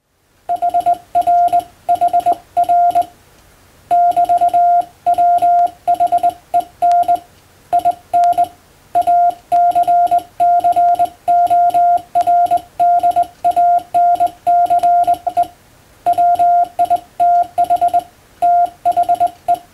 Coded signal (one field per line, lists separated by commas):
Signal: Morse code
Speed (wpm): 21 wpm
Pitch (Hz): 700 Hz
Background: none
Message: HRHR <BT>WHEN IN ACCORDANCE WITH THE